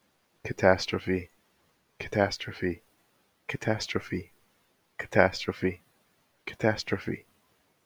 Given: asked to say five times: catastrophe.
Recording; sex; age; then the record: repeated word; male; 50 to 59 years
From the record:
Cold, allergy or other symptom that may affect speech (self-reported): no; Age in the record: 52 years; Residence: Massachusetts, United States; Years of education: 12